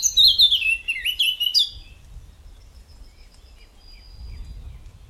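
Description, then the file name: Eurasian blackcap song: a short, lively warbled phrase of quick sliding notes in the first second and a half, then only a low rumble of background noise. "Sylvia atricapilla"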